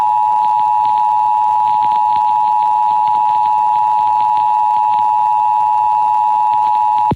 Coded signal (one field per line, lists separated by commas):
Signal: Emergency Alert System (SAME) tones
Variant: 853 and 960 Hz attention tone